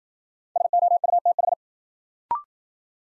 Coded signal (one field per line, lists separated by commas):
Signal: Morse code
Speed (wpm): 53 wpm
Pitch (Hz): 700 Hz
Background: none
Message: SOUTH